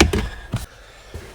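A plastic trim cover in the footwell cabin filter area of a Tesla Model 3/Model Y is struck by hand back into position after cabin filter work. A sharp click at 0.0 s is followed by two softer knocks near 0.1 s and 0.6 s, then quiet. The trim piece pops back in and is seated.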